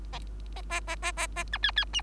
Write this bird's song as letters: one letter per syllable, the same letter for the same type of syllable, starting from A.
A A A A A A B C C D